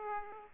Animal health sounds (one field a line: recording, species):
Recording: mosquito wingbeat signal from an infrared sensor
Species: Aedes aegypti